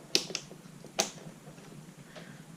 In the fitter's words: that's snapped into place